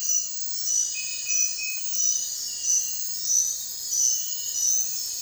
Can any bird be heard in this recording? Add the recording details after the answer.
no. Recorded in dense forest near Puerto Asís, Putumayo, Colombia, on 21 December 2024 at 02:30. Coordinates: 0.468, -76.322. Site G071